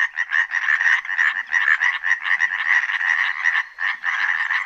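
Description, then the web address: European tree frog: dense, fast rattling pulses, loud and continuous with brief dips. A high, drawn-out trill, the loudest voice among native amphibians; amplified by large throat resonators; calling from dusk through the whole night. "Tajemnice puszczy Rzekotka drzewna"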